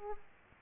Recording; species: mosquito wingbeat signal from an infrared sensor; Aedes aegypti